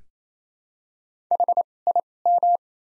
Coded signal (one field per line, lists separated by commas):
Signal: Morse code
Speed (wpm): 28 wpm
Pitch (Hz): 700 Hz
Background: none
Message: H I M